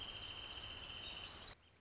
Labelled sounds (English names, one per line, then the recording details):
Wrentit
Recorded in Sonoma County, California